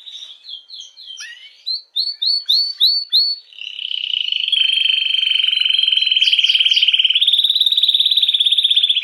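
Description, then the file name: Canary song opening with separate chirped notes, then a series of loud clipped phrases, followed by a long, even, buzzing trill sustained to the end. Belgian mosaic canary. "canto do canario belga mosaico"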